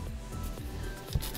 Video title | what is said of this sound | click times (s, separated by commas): Portico68 Black Label (Bombay) Build with Kiwi Tactile switches, IFK Blue on White & sound test | and normally these when you press it in they snap into place well it's not happening here I don't know but I'm | none